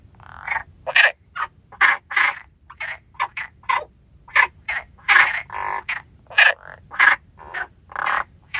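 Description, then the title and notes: Frogs in a dense chorus, rapid raspy croaks almost without pause, some calls longer and lower-pitched. Frogs singing by the stone bridge at Lagoa de Traba lagoon. "Lagoa De Traba Rás. Rás cantando na Lagoa de Traba. Gravación das rás cantando no ponte de pedra da Lagoa de Traba"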